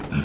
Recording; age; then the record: pig call; growing-finishing pig (85 days or more)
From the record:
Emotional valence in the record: positive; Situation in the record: run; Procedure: transit